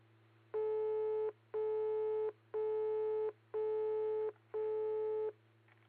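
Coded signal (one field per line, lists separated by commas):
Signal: none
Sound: news bulletin tone beeps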